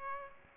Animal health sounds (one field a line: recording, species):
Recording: mosquito wingbeat signal from an infrared sensor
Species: Aedes aegypti